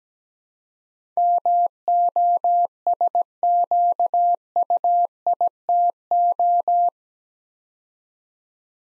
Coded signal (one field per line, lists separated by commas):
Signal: Morse code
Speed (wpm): 17 wpm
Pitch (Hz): 700 Hz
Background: none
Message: MOSQUITO